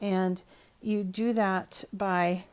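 A plastic cap is being handled over a craft-cutter marker pen, to be pressed on to seal it so the pen won't dry out, while someone talks throughout. Nothing has seated or clicked yet.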